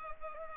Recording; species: mosquito wingbeat signal from an infrared sensor; Culex pipiens